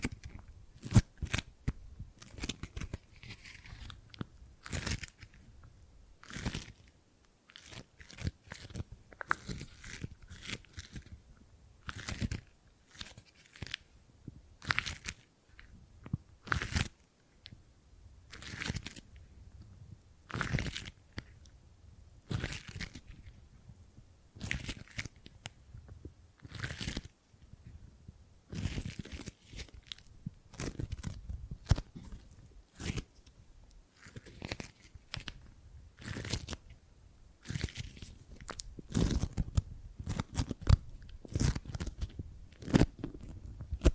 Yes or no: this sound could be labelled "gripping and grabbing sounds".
yes